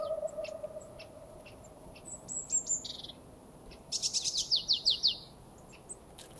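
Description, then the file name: Marsh tit calling: a quick run of sharp, high downslurred notes, preceded by scattered thin chips and a low hum early on. "Poecile palustris"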